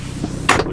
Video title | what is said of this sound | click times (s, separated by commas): 2019 Super Air Nautique GS22 Walkaround | the port side we have our second lean back here which will lift up and lock into place | 0.5 s